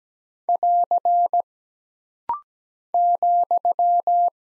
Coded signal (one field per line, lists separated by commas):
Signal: Morse code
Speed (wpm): 17 wpm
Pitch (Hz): 700 Hz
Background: none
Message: <AR> ,